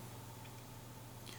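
Someone handles the vibration (rumble) motor of an Xbox One controller while pressing it back into its plastic cradle in the controller shell during reassembly, with only faint, small contact sounds over a steady low hum. A slightly louder brief tap occurs around 1.3 seconds, but the motor has not snapped into place yet and nothing has seated.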